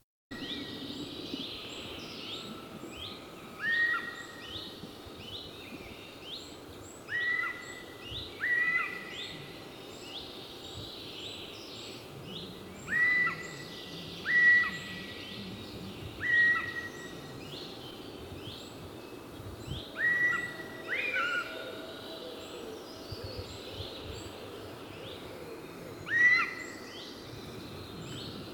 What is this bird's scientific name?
Garrulus glandarius